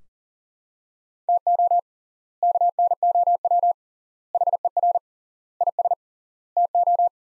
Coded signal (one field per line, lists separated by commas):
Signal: Morse code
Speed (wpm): 37 wpm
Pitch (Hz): 700 Hz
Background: none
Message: TO KNOW HER IS TO